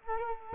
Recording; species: mosquito wingbeat signal from an infrared sensor; Culex quinquefasciatus